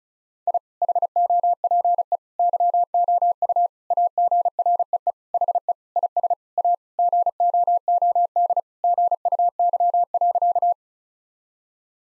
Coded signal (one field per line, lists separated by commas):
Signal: Morse code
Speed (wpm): 34 wpm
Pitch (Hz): 700 Hz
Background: none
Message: I HOPE YOU AGREE HE IS A GOOD GUY.